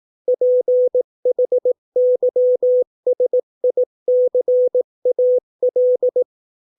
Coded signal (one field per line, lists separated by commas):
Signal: Morse code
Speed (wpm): 18 wpm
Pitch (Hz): 500 Hz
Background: none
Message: PHYSICAL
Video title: 200 words 18 WPM (Morse code practice)